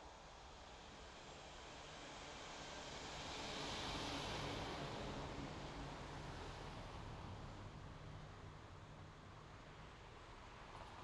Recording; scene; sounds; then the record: everyday scene through a hearing-aid microphone; in traffic; traffic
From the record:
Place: main road on the outskirts, rush hour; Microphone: in the ear canal, left